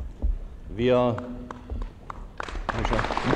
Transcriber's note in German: Applaus